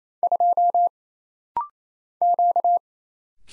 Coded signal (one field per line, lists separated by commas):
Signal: Morse code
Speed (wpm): 27 wpm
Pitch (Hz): 700 Hz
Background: none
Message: 2 Q